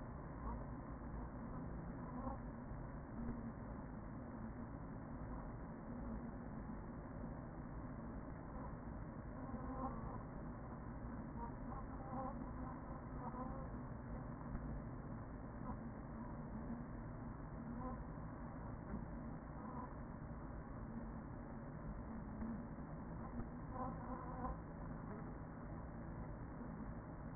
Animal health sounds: honeybee colony, microphone inside the hive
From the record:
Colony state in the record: queen present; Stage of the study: after two queens were removed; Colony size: about 40,000 bees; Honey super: no

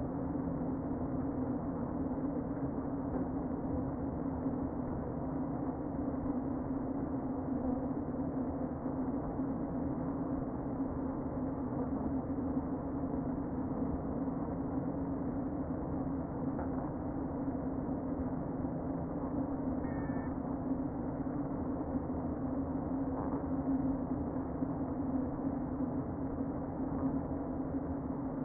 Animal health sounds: honeybee colony, microphone inside the hive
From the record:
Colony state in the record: queen present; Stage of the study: before two queens were removed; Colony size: about 60,000 bees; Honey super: yes

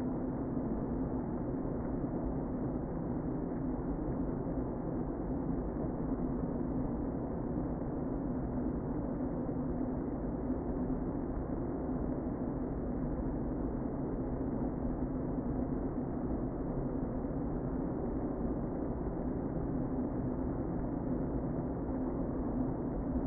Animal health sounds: honeybee colony, microphone inside the hive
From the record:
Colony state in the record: queen present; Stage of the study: before two queens were removed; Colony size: about 60,000 bees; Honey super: yes

